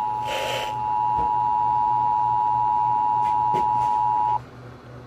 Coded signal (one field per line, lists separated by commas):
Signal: Emergency Alert System (SAME) tones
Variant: 853 and 960 Hz attention tone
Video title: Scaling Back Again: FLW on WXJ84 & WKWS (2/3/22) EAS 572 & 573